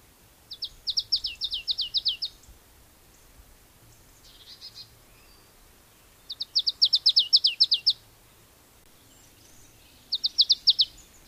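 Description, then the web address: Marsh tit giving three short bursts of rapid, high descending notes a few seconds apart, with steady faint hiss and a softer bird note between bursts. "agykontroll Madardalok Cd 1. Barátcinege"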